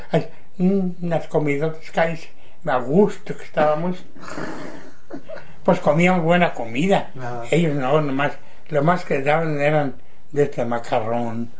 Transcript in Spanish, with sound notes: “Ay, unas comidotas”. Cállese, a gusto que estábamos. (risas) Pues comíamos buena comida. Ellos no, nomás lo más que daban eran de esta macarrón